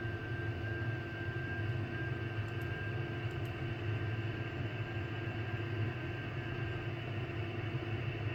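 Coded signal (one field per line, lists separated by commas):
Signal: FT8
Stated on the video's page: FT8 on 60m from an Icom IC-756 Pro.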